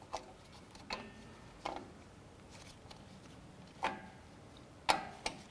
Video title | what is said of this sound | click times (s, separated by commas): How to Replace Drum Brake Wheel Cylinder 1994-2004 Chevrolet S10 | Here we go. So now our adjuster is fully active, locked into place. | 4.9 s